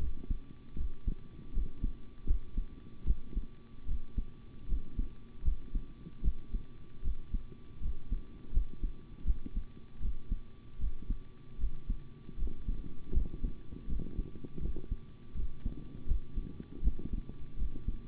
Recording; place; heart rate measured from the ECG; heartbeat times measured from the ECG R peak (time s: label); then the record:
heart sounds by stethoscope; between the tricuspid and mitral areas; 79 bpm
0.76 s: heartbeat
1.52 s: heartbeat
2.26 s: heartbeat
3.05 s: heartbeat
3.86 s: heartbeat
4.67 s: heartbeat
5.43 s: heartbeat
6.22 s: heartbeat
7.02 s: heartbeat
7.80 s: heartbeat
8.52 s: heartbeat
9.25 s: heartbeat
10.00 s: heartbeat
10.79 s: heartbeat
11.58 s: heartbeat
12.37 s: heartbeat
13.12 s: heartbeat
13.87 s: heartbeat
14.60 s: heartbeat
15.34 s: heartbeat
16.06 s: heartbeat
16.82 s: heartbeat
17.57 s: heartbeat
From the record:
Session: rest, sitting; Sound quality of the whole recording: good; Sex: male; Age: 25 years